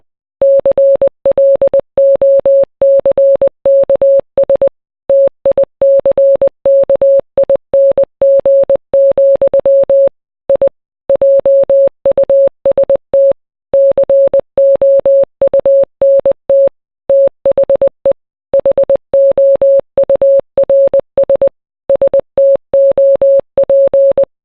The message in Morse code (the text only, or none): CLOCKS TICKING, I JUST COUNT THE HOURS STOP